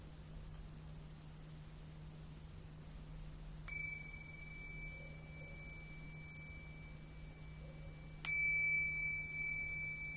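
A singing bowl is struck near four seconds and again louder near eight, each leaving a bright ringing tone over steady low hum and hiss.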